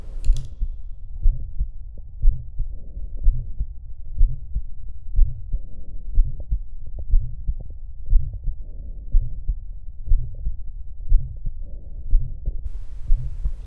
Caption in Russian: Шум Стилла.